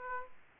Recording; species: mosquito wingbeat signal from an infrared sensor; Aedes aegypti